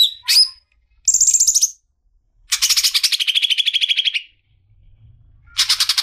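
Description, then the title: Leafbird song: a sharp whistled note, then bursts of rapid buzzy trilled phrases separated by short pauses, ending with another fast chattering burst. "CUCAK IJO"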